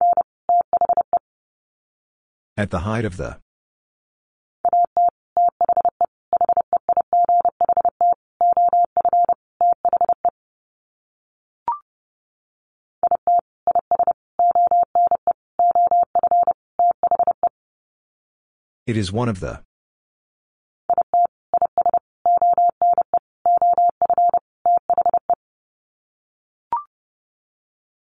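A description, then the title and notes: Morse code is sent as a single steady mid-pitched beep, keyed on and off in rapid runs of short and long tones with silent gaps between words. Twice, near three and nineteen seconds, a brief rough burst of noise cuts in, and faint clicks follow later. Sets of 5 Words 30wpm. First, the words are sent in Morse code. Then it is spoken. Finally, it is sent again in Morse code.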